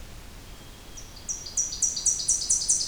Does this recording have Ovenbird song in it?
no